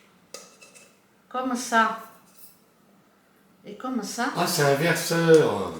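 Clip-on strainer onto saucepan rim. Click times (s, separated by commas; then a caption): 0.3 s. A plastic/silicone clip-on strainer snaps onto the rim of a metal saucepan with a sharp click at 0.3 s, followed by faint clatter. Someone then talks. The strainer is seated on the pan.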